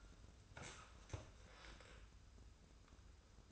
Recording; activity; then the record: daily activity, microphone in the room; sit down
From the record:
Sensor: 2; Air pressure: 994.3 hPa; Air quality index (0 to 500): 202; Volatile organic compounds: 1000 ppm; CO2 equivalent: 6641 ppm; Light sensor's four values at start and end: 80/180/81/84 and 117/279/118/123